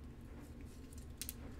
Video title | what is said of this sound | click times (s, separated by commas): Bandai Macross Hi-Metal R VF-1S 35th Macross Anniversary Messer Figure | this piece right in there and that will lock everything into place and then that's it snug you can see | 1.2 s, 1.3 s